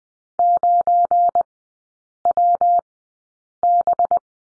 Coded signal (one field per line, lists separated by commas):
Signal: Morse code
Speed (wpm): 19 wpm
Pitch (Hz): 700 Hz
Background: none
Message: 9WB